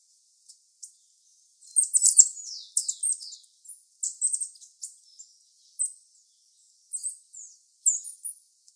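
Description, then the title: Bird song: rapid high-pitched twittering phrases and buzzy chirps delivered in short bursts separated by brief pauses. "LuckyPassaro Completos2Sama"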